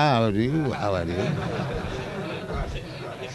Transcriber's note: laughs